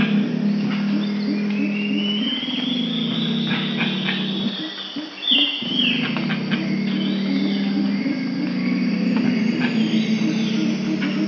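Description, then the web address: Pale-winged Trumpeter humming in a low, throbbing series that briefly pauses midway, with varied bird whistles and insect buzz above. Peru. "Birds of the Amazon. Pale-winged Trumpeter (Psophia leucoptera), Peru"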